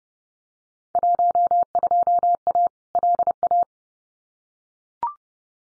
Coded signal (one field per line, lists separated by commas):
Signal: Morse code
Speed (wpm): 30 wpm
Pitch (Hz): 700 Hz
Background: none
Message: 12A LA